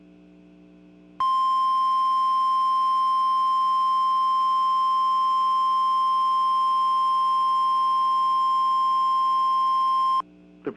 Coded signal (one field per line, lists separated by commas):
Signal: Emergency Alert System (SAME) tones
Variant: 1050 Hz attention tone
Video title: Tests and New Stations| EAS Tests from 11/3-11/4 2020 (EAS #93-98)